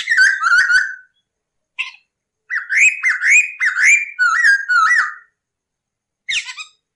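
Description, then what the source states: Masked laughingthrush song: loud bursts of rich, whistled, rising and falling phrases, in runs of varying length separated by silent gaps. Cage bird recording used for training other birds; the birds are described as vocally lively.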